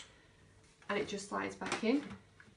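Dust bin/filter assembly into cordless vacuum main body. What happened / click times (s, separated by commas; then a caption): Handled, not yet home: dust container being slid back into the vacuum body, no latch click yet / none. After cleaning, the dust bin and filter assembly is slid back into the plastic main body of a Morphy Richards Supervac Deluxe Pro 3 in 1 734055 cordless vacuum cleaner while someone talks. The assembly has not seated or clicked into place yet.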